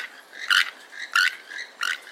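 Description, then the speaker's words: Keel-billed Toucan calls, short harsh croaking notes repeated about every two-thirds of a second, with softer similar calls in the background. Small group calling from upper canopy of a giant fig tree, tropical lowland forest near the Caribbean, Costa Rica, winter sunrise. "Perched in the upper canopy, a small group of keel-billed toucans calls out."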